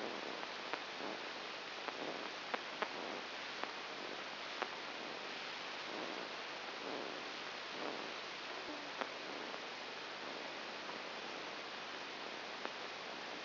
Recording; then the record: brain microelectrode recording played as sound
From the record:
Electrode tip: outside the subthalamic nucleus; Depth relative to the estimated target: -8 mm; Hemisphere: right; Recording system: AlphaMap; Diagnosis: Parkinson's disease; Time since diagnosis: 8 years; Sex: male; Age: 57 years